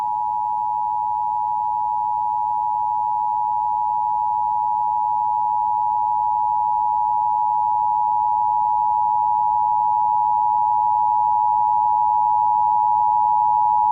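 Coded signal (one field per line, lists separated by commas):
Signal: Emergency Alert System (SAME) tones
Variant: 853 and 960 Hz attention tone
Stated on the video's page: Real EAS severe thunderstorm warning activation for Spokane, WA, taped from broadcast.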